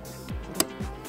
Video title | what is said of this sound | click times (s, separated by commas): isofix Oto Koltuğu Araca Nasıl Bağlanır ? Nelere dikkat etmeli ? Britax Römer Advansafix 2 | bu da tık diye oturdu gördüğünüz gibi. | 0.6 s